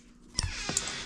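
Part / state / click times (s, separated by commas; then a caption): plastic housing snapping onto a soldered battery pack plug / not seated / none. A plastic housing is handled around a soldered battery pack plug after the wires are soldered and a backing is peeled off. Two short sharp ticks sound at about 0.4 s and 0.8 s over a low steady background. The clip ends before the shell goes home, so nothing has clicked into place yet.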